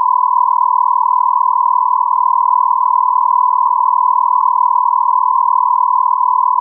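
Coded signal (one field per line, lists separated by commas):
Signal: radio time signal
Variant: Beta, RJH77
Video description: 09:46 : On-off (40 Hz)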